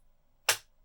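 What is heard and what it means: A plastic screen bezel clip on the display lid of a Dell Inspiron 15 7567 laptop is pulled loose by fingers dug under the bezel's edge. A single sharp click sounds at 0.5 s as the clip lets go, decaying within about a tenth of a second over near silence. The bezel clip is released, which is the expected result.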